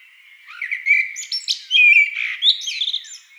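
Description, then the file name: Blackbird song with rich, fluty whistled notes broken by sharp high squeaks and twittering trills, delivered as one lively, varied phrase. "amsel"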